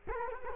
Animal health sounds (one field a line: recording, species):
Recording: mosquito wingbeat signal from an infrared sensor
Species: Culex quinquefasciatus